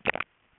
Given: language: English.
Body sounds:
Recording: throat vibration sensor signal played as sound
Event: swallow

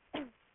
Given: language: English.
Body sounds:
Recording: throat vibration sensor signal played as sound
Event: cough

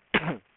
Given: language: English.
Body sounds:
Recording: throat vibration sensor signal played as sound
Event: cough

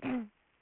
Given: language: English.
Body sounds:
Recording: throat vibration sensor signal played as sound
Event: throat clearing

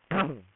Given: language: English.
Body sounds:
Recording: throat vibration sensor signal played as sound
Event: throat clearing

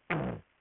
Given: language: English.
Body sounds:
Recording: throat vibration sensor signal played as sound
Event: throat clearing

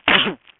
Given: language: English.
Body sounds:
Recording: throat vibration sensor signal played as sound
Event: cough

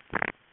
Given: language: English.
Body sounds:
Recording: throat vibration sensor signal played as sound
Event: swallow

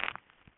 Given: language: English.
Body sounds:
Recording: throat vibration sensor signal played as sound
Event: swallow

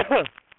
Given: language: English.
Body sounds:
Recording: throat vibration sensor signal played as sound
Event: cough

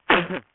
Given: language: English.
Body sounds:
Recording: throat vibration sensor signal played as sound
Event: cough

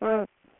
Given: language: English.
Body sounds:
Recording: throat vibration sensor signal played as sound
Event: speech

